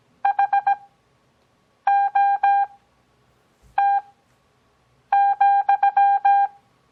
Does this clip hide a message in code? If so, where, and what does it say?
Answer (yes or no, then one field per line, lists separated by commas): yes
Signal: Morse code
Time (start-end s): 0.2-6.5 s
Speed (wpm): 17 wpm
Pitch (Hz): 800 Hz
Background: none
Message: HOT,